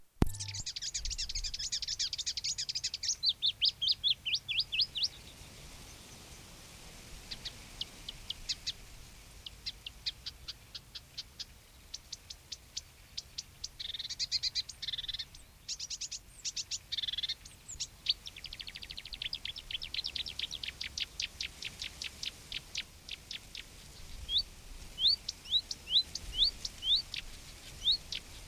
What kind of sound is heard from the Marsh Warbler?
song